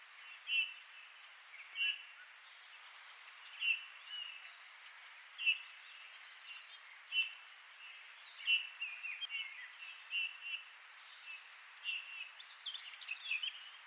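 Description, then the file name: Eurasian bullfinch calling with soft, mellow piped notes repeated roughly every one and a half to two seconds, while other songbirds chatter and trill in the background. "Pyrrhula pyrrhula"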